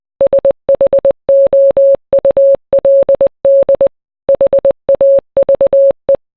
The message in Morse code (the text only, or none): SHOULD HAVE